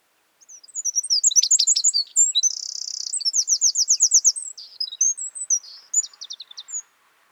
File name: Northern Wren